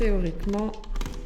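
A 35 mm film leader, taped to the small take-up spool inside a medium-format camera, is handled and wound while someone talks. Two short taps or thunks come at about 1.0 and 1.1 s. Nothing has seated or caught yet by the end of the clip.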